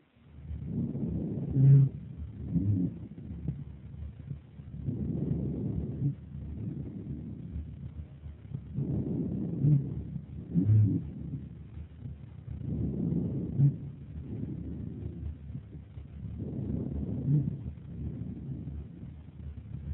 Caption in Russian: Пациента, страдающего фиброзно-кавернозным туберкулезом легких. Слева, в проекции верхней доли легкого, в связи с бронхитом выслушивается жесткое дыхание и единичные сухие хрипы.